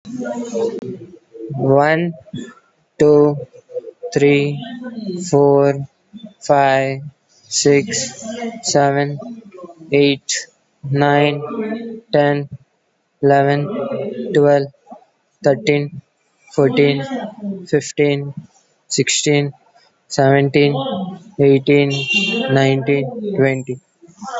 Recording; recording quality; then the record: counting at a normal pace; excellent, no background noise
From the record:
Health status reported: COVID-19 positive, mild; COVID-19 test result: positive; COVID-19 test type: RT-PCR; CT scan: taken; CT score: 4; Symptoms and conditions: cough, breathing difficulty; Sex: male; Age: 18 years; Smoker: no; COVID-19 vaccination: none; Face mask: not worn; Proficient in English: yes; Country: India